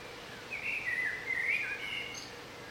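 Bird song, one continuous warbling phrase of wavering whistles and twitters, with a soft low hum throughout.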